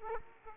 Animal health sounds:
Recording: mosquito wingbeat signal from an infrared sensor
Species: Aedes aegypti

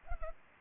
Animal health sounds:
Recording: mosquito wingbeat signal from an infrared sensor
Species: Culex pipiens

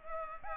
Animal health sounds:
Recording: mosquito wingbeat signal from an infrared sensor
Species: Culex pipiens

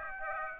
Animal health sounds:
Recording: mosquito wingbeat signal from an infrared sensor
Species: Aedes aegypti

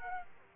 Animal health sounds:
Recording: mosquito wingbeat signal from an infrared sensor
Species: Aedes aegypti

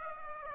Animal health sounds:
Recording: mosquito wingbeat signal from an infrared sensor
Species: Aedes aegypti

